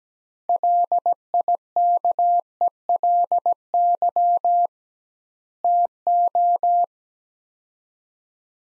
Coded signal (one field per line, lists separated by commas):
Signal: Morse code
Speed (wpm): 17 wpm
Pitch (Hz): 700 Hz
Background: none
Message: LIKELY TO